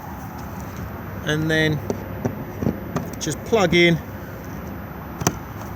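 The hose plug of a submersible water pump, dropped into an Aquaroll water container, is pushed into the fresh water inlet socket of a 2022 Coachman VIP 460 caravan. Someone talks, a few light knocks follow, and a single sharp click at 5.3 s marks the plug seating in the socket.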